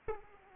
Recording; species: mosquito wingbeat signal from an infrared sensor; Aedes aegypti